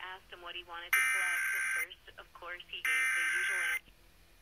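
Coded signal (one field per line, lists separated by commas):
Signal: Emergency Alert System (SAME) tones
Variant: header bursts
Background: speech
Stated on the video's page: Required monthly test on WCCO-AM/HD, KNOW-FM and KTCZ-FM.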